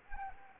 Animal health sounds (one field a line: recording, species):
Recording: mosquito wingbeat signal from an infrared sensor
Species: Anopheles arabiensis